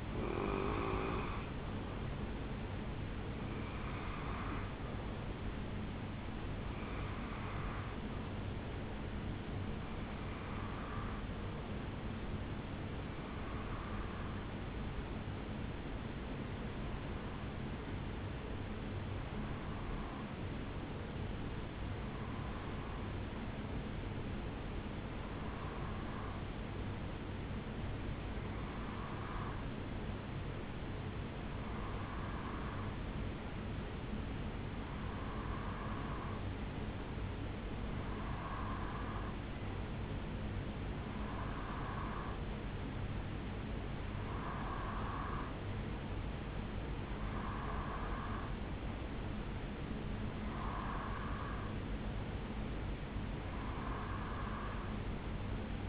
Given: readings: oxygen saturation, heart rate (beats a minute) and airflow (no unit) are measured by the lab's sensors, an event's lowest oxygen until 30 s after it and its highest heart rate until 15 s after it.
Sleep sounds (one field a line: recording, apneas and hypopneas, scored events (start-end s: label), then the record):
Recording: breathing in sleep by a voice recorder at the bedside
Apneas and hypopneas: 1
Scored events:
16.00-46.90 s: hypopnea (REM, oxygen 95% highest, then 89% lowest, heart rate 69 at the start, 69 highest)
From the record:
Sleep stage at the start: REM sleep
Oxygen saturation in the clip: 90 to 95%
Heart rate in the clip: 63 to 77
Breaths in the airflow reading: 18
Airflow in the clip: -5.6 to 3.5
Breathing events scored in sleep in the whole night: 449 in 7.0 hours asleep